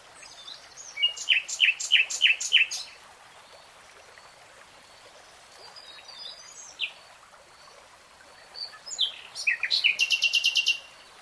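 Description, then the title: Nightingale song: a stuttered run of loud notes, a quiet gap with a few soft calls, then a phrase ending in a fast trill. Nightingale singing in real time. "[Tiếng chim hót] Nightingale Singing"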